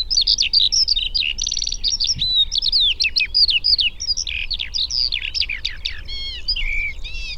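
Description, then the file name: Eurasian skylark song: fast, varied high chirps and short trills, ending with a few clearer slurred whistles near the close. "alauda arvensis"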